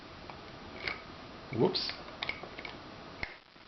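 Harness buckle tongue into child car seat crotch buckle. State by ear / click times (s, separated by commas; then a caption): seated / 2.2 s. Someone talks while the second harness buckle tongue is pushed into the plastic crotch buckle of a child car seat, with a few small taps and clicks around it. It latches with a sharp, audible click at 2.2 s; a dirty buckle would not make this noise.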